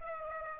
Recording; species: mosquito wingbeat signal from an infrared sensor; Aedes aegypti